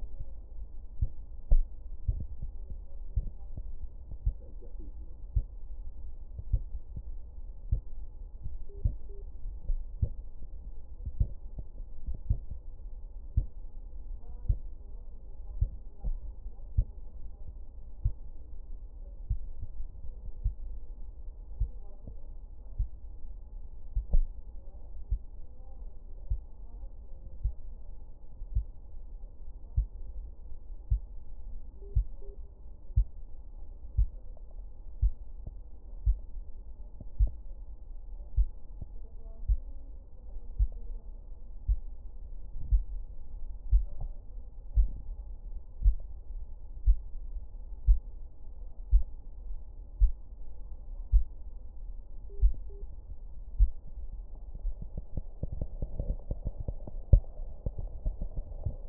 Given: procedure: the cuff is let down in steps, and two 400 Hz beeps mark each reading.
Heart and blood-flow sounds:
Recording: Korotkoff sounds by stethoscope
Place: brachial artery, at the lower edge of an arm cuff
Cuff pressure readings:
8.69-9.22 s: 100 mmHg
31.82-32.34 s: 95 mmHg
52.30-52.82 s: 90 mmHg
From the record:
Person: healthy adult, 24 to 32 years, lying on the back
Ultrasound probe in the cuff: proximal

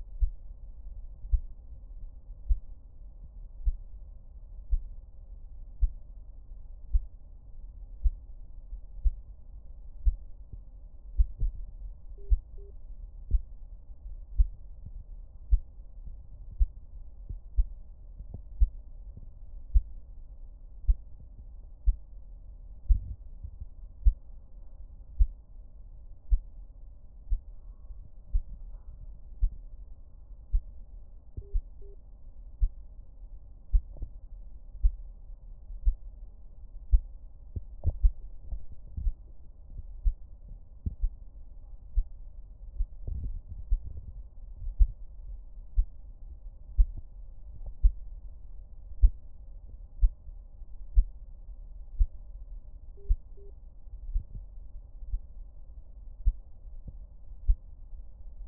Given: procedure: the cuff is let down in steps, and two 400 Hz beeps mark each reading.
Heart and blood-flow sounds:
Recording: Korotkoff sounds by stethoscope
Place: brachial artery, at the lower edge of an arm cuff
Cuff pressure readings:
12.18-12.70 s: 90 mmHg
31.42-31.94 s: 85 mmHg
52.97-53.50 s: 80 mmHg
From the record:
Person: healthy adult, 24 to 32 years, lying on the back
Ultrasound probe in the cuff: proximal

